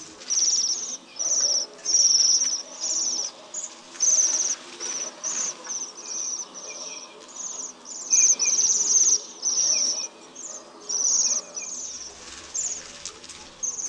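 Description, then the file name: Bohemian waxwings giving high, thin, buzzy trilled calls, many overlapping in quick succession as from a flock. "JEMIOLUSZKA"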